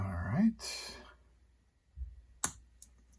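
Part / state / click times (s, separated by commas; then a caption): wheel assembly onto die-cast model car chassis part / seated / 2.4 s. Someone talks, then a wheel is pushed onto its mounting part on the chassis of a Bburago Fiat 500 F die-cast model car kit. A loud, sharp click at 2.4 s, followed by two fainter ticks, shows the wheel has snapped into place and is seated.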